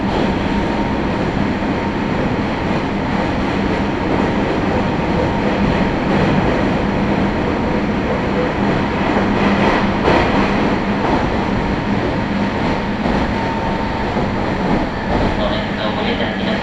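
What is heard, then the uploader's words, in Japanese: A train ride with its steady clattering rumble, the "gatan-goton" of wheels on rails. The roar stays dense and even throughout, heavy in the low end, with a faint humming tone underneath and a few brief brighter squeaks near the end. ガタンゴトンの旅 名古屋鉄道 阿久比→内海 普通。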